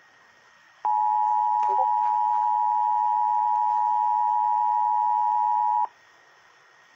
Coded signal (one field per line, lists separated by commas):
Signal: Emergency Alert System (SAME) tones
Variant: 853 and 960 Hz attention tone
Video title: EAS 477 Memphis TN RWT